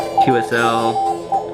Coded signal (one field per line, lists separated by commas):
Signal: Morse code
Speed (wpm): 22 wpm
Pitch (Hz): 780 Hz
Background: speech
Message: AVE